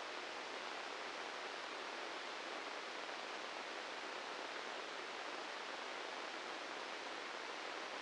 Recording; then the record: brain microelectrode recording played as sound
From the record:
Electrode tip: inside the subthalamic nucleus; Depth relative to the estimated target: -1 mm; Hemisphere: left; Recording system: NeuroSet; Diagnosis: Parkinson's disease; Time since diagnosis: 10 years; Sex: male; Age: 56 years